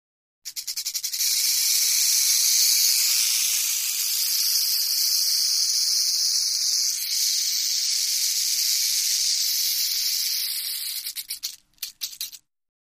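Rattlesnake rattle, a steady, high buzzing hiss held through most, faltering briefly near the end.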